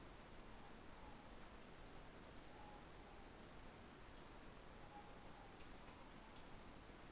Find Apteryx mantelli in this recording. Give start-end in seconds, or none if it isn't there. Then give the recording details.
none. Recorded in New Zealand on 17 November 2013. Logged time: 03:42. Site BS16